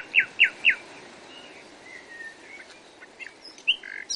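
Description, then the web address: Common nightingale song: three loud, sharp downslurred notes in quick succession, then soft whistles and a short burst of notes over steady hissing background noise. "nightingale"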